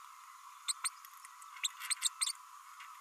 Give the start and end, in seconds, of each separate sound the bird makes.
0.68-0.72, 0.84-0.89, 1.63-1.67, 2.02-2.09, 2.21-2.32